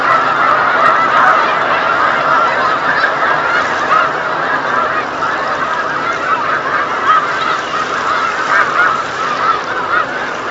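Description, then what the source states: Snow Goose: a snow goose flock giving rapid, overlapping yelping honks, a constant wall of calls. Snow geese calling on Lake Champlain, November 2018.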